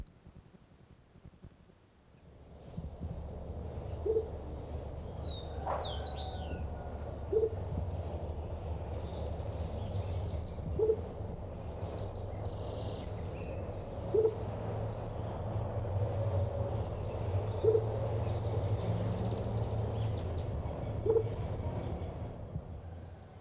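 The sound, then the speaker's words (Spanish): A motmot (barranquero) in the Colombian premontane zone gives a soft, low hooting call that repeats about six times at a slow, even pace over a steady background hum, with a brief high bird whistle early on. “Dejamos el viento y el agua, pero siempre en el premontano para escuchar la voz del barranquero.”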